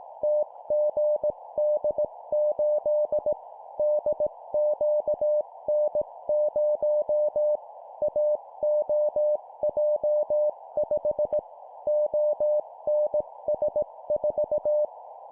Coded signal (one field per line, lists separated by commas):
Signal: Morse code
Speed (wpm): 18 wpm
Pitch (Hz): 600 Hz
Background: none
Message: TGD8 DQN0 AOJ5 ONS4